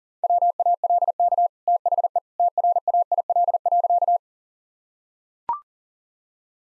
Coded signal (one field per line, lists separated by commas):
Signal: Morse code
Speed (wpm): 40 wpm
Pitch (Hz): 700 Hz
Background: none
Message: WALK THE TRAIL.